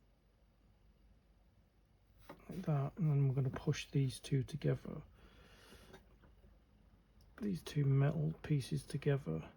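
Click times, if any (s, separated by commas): none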